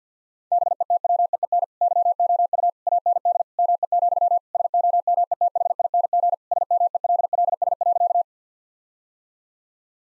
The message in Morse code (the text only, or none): BETWEEN YOU AND ME, SOMETHING SMELLS.